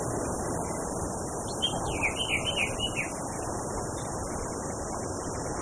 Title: Anis Kembang 5. Suara Burung Anis Merah + Hembusan Angin Untuk Terapi